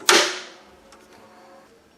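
A plastic expansion-slot retention cover on a desktop tower is pushed shut over a newly seated graphics card. It snaps into place with a loud, sharp snap at 0.1 s, followed by a faint tick near 0.9 s as the sound fades. The cover is latched.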